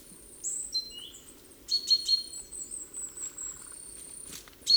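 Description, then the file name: Great tit calls: thin high whistled notes and short chirps in scattered bursts, with a soft low rumble of background noise. "Parus major"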